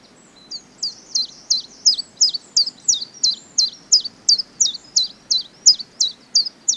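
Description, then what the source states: Common chiffchaff song: bright, high chipping notes repeated steadily about three times a second, each dropping sharply in pitch, over soft low rumble. Singing, on a slightly windy day.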